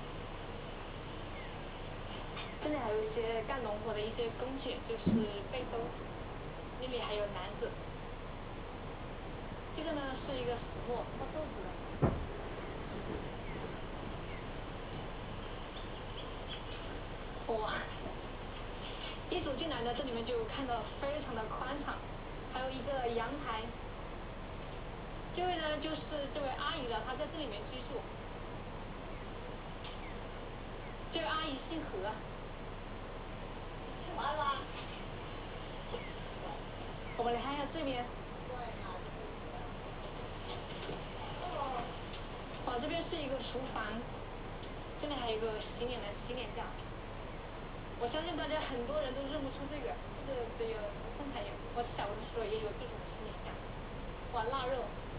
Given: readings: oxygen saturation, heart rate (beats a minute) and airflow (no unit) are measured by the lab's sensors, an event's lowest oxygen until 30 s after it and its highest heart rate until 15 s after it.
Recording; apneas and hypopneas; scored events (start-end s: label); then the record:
a person awake in a sleep study, by a voice recorder at the bedside; none
0.00-55.19 s: awake
From the record:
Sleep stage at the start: awake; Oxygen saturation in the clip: 94 to 96%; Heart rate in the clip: 61 to 83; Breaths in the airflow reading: 17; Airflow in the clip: -11.2 to 9.0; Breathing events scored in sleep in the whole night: 476 in 9.7 hours asleep